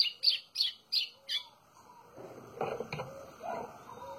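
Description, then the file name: White-throated seedeater: five sharp, high, chirping notes in rapid succession from a White-throated seedeater, followed by quieter rustling and faint low sounds. "canto do golinho"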